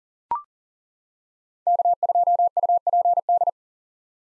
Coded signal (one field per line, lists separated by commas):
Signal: Morse code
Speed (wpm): 40 wpm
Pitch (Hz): 700 Hz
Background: none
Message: K2UPD